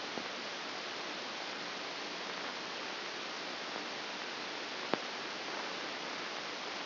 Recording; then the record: brain microelectrode recording played as sound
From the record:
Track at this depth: inside the subthalamic nucleus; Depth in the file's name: 5.063 mm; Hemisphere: left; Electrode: 2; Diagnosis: Parkinson's disease